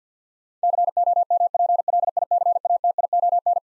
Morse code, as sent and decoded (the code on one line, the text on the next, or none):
-.-. --- -- .--. .-.. .. -.-. .- - .. --- -.
COMPLICATION